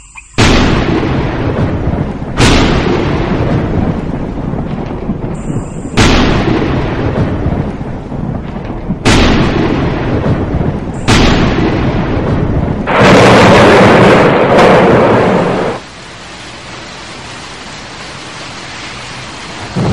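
Rolling thunder in a storm with lightning, followed by pouring rain: a series of loud, booming rumbles strikes in quick succession, each sharp onset rolling off, then a bigger crashing clap gives way to a steady hiss of heavy rain.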